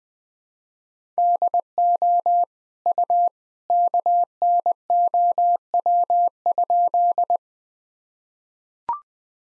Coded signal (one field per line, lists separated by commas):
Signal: Morse code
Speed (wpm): 20 wpm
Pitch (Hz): 700 Hz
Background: none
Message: DO U KNOW?